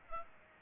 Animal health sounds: mosquito wingbeat signal from an infrared sensor; Aedes aegypti

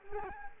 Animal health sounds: mosquito wingbeat signal from an infrared sensor; Culex quinquefasciatus

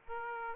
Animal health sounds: mosquito wingbeat signal from an infrared sensor; Aedes aegypti

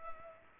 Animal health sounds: mosquito wingbeat signal from an infrared sensor; Culex pipiens

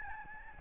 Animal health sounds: mosquito wingbeat signal from an infrared sensor; Aedes albopictus

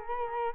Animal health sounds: mosquito wingbeat signal from an infrared sensor; Culex quinquefasciatus

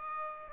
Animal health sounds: mosquito wingbeat signal from an infrared sensor; Aedes aegypti

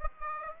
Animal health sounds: mosquito wingbeat signal from an infrared sensor; Aedes aegypti

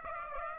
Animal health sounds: mosquito wingbeat signal from an infrared sensor; Aedes aegypti

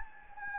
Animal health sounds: mosquito wingbeat signal from an infrared sensor; Anopheles gambiae

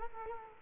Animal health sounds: mosquito wingbeat signal from an infrared sensor; Culex quinquefasciatus

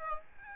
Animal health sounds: mosquito wingbeat signal from an infrared sensor; Aedes albopictus

